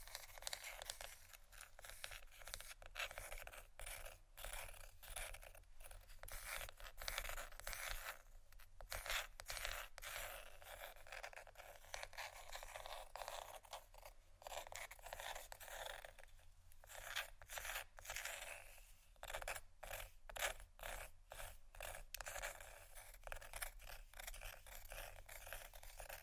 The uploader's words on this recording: ASMR Scratchy Tapping For Sleep & Study （No Talking）.